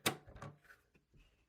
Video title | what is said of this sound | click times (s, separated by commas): HP Deskjet 4252e : How to Replace the Ink Cartidges | Then take your thumb and push it until it clicks. | 0.1 s